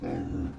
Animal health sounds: pig call; growing-finishing pig (85 days or more)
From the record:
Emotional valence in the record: negative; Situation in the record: barren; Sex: female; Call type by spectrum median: low-frequency call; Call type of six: low-frequency stable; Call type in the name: low-frequency stable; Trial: 1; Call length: 0.59 s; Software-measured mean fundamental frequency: 54 Hz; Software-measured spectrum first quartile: 137 Hz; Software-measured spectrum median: 261 Hz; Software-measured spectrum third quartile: 402 Hz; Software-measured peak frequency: 273 Hz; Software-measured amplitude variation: 145 dB a second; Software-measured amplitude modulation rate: 26.2 a second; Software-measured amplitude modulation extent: 5.5 dB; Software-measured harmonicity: -0.3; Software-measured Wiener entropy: -0.18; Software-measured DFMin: 1128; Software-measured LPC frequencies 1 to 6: 1626, 2405, 3835, 4821, 6055, 6958 Hz

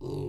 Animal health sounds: pig call; weaner (32 to 43 days)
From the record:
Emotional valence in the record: negative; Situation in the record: novel object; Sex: female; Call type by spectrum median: low-frequency call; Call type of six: low-frequency stable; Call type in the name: low-frequency stable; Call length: 0.28 s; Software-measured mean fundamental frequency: 46 Hz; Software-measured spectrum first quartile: 138 Hz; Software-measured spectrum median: 292 Hz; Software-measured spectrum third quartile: 428 Hz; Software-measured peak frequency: 370 Hz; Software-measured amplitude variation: 133 dB a second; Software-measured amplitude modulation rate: 33.6 a second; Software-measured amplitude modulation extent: 4.0 dB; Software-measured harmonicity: -0.3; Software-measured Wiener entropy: -0.16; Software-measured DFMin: 812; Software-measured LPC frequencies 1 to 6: 365, 898, 2745, 3841, 4737, 5861 Hz

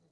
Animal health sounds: pig call; piglet (1 to 25 days)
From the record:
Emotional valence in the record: positive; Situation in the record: short reunion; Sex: male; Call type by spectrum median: low-frequency call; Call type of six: low-frequency stable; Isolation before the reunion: 3 minutes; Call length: 0.11 s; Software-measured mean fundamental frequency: 54 Hz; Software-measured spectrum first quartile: 248 Hz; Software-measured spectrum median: 746 Hz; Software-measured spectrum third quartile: 8488 Hz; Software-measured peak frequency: 163 Hz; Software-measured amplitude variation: 70 dB a second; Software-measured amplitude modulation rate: 8.9 a second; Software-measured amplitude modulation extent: 7.8 dB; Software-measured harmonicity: 8.8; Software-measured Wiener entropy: -3.60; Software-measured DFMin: 1257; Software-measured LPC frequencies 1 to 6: 389, 4035, 4844, 5962, 6683, 7805 Hz

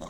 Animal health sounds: pig call; piglet (1 to 25 days)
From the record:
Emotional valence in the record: negative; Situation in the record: long isolation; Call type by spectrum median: low-frequency call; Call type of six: mixed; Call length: 0.10 s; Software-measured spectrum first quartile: 362 Hz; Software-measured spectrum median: 706 Hz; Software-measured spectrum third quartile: 1900 Hz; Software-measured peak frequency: 553 Hz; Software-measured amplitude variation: 37 dB a second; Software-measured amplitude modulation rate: 15.5 a second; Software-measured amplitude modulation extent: 2.4 dB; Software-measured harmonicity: 1.0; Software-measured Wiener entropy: -1.63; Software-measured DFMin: 617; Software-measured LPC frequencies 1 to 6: 575, 1068, 2057, 3219, 3778, 6489 Hz

